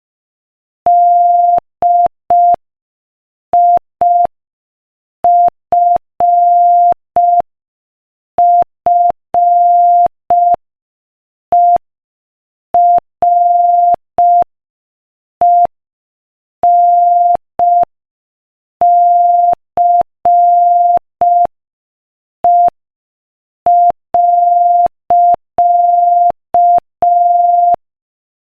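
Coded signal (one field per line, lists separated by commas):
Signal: Morse code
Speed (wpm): 5 wpm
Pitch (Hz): 700 Hz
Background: none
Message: DIFFERENCE.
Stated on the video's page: Morse code practice at 5 wpm.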